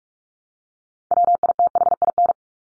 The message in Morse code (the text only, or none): WITHIN